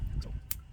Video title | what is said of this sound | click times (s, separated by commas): 🤯 Tesla POWER FRUNK! Detailed INSTALL + DEMO! (Hands-Free Convenience!) ✨ | All of these have a small lock and it should snap in so that the connection doesn't come loose. | 0.5 s